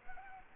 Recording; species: mosquito wingbeat signal from an infrared sensor; Culex quinquefasciatus